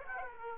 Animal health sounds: mosquito wingbeat signal from an infrared sensor; Aedes aegypti

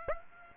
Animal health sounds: mosquito wingbeat signal from an infrared sensor; Aedes aegypti

